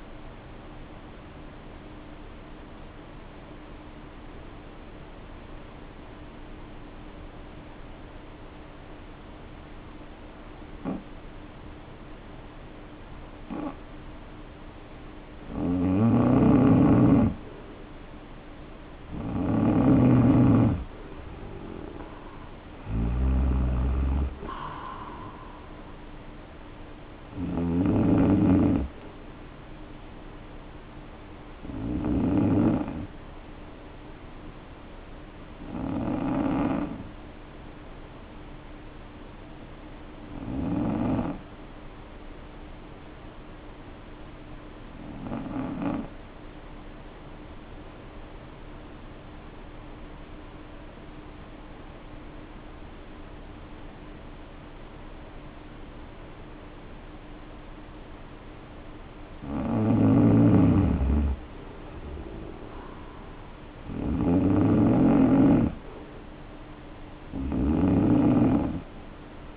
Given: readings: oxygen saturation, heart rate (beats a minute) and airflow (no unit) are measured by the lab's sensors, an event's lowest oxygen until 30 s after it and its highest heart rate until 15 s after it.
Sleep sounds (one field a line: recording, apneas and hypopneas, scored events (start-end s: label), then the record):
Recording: breathing in sleep by a voice recorder at the bedside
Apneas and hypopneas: 2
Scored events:
4.00-21.60 s: obstructive apnea (N2, oxygen 95% highest, then 83% lowest, heart rate 50 at the start, 61 highest)
35.00-61.20 s: hypopnea (N2, oxygen 95% highest, then 85% lowest, heart rate 51 at the start, 59 highest)
From the record:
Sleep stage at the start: N2 (light sleep)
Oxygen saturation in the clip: 83 to 95%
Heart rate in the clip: 50 to 61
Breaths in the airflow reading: 11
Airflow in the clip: -4.2 to 5.7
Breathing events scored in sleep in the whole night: 520 in 7.2 hours asleep